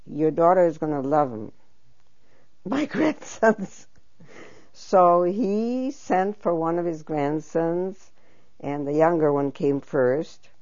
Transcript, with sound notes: Your daughter is going to love them." My grandsons! ( she laughs ) So he sent for one of his grandsons, and the younger one came first,